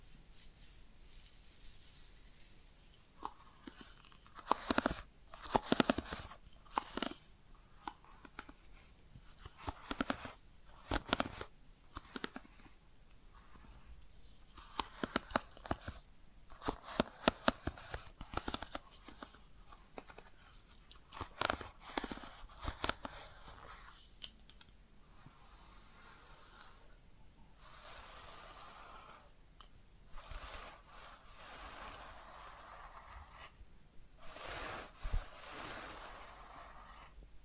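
A head massage and ear cleaning, heard as irregular bursts of crisp scratching and rustling against a quiet background. The sounds come in clusters every second or two, densest around five, eleven, seventeen and twenty-two seconds, with softer, sparser handling between.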